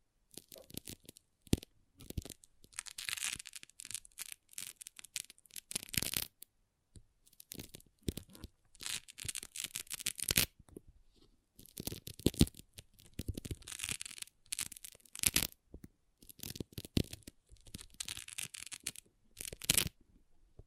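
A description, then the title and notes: Small plastic pixel art beads click and rattle in quick, dense bursts, with short pauses between handfuls and sharp single taps throughout. ASMR Relaxing Pixel Art Beads ( No Talking).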